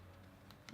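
A road bike STI brake/shift lever is worked while the small internal piece is pushed out, and its small pawl fails to engage. Over a low steady hum, two short faint ticks sound at about 0.5 s and 0.7 s, but nothing has seated or clicked into place.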